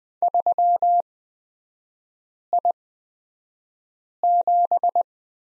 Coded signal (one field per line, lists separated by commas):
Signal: Morse code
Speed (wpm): 20 wpm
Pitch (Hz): 700 Hz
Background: none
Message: 3I7